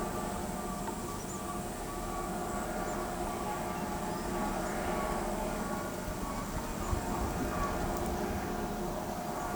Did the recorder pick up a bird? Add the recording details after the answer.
no. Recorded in pastures near Pivijay, Magdalena, Colombia, on 17 April 2023 at 15:00. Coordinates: 10.456, -74.369. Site P6-G026